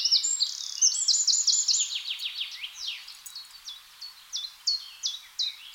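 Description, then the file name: Eurasian wren song: a fast, loud outpouring of high, sharp notes and rattling trills, slowing into a series of separate chipping notes near the end. "Troglodytes troglodytes"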